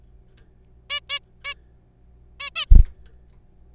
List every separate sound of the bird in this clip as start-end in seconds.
0.90-1.00, 1.09-1.19, 1.44-1.54, 2.40-2.49, 2.56-2.65